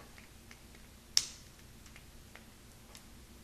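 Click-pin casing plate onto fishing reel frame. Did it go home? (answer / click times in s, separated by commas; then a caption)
yes / 1.2 s. The small plastic/metal casing holding the click spring and click pin is pressed back onto a baitcaster reel frame, with the reel held sideways so the pin stays in its spring. A single sharp, bright snap at 1.2 s marks the casing popping into place, with a few faint ticks scattered around it at about 0.5, 2.0, 2.4 and 3.0 s. The casing is seated.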